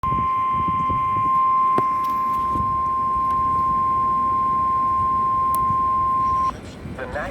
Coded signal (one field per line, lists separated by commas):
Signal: Emergency Alert System (SAME) tones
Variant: 1050 Hz attention tone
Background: speech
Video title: EAS/NWR Alert or message #167-168: Severe Thunderstorm Warning